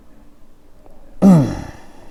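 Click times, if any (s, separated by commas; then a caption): none. Pliers squeeze hard on the metal band clamp of a rubber drive axle boot on a Yamaha Grizzly 700. A faint tick comes at 0.9 s, then a loud voiced strained exhale or grunt starts near 1.2 s and fades out. The clamp has not snapped into place yet.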